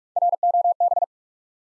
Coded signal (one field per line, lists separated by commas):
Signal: Morse code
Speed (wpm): 44 wpm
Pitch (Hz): 700 Hz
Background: none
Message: ROB